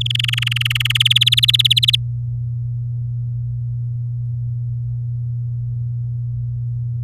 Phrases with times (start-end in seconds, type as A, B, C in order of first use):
0.01-0.97 A, 1.00-1.96 B